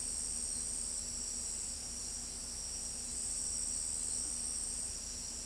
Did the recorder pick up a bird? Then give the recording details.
no. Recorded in pastures near Pivijay, Magdalena, Colombia, on 4 June 2023 at 01:30. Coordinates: 10.456, -74.369. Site P6-G026